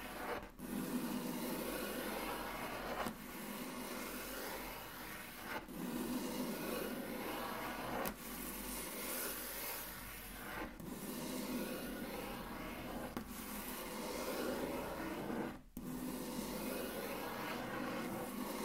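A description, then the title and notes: Intense tracing on a table: a dense, steady scraping rub in long strokes, briefly breaking about every two and a half seconds. Intense Table Tracing (No Talking).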